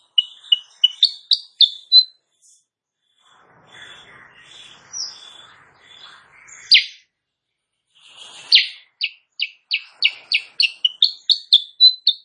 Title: Masteran Kutilang Sutra. Kutilang Sutra GACOR pagi hari bikin lawannya AUTO NYAUT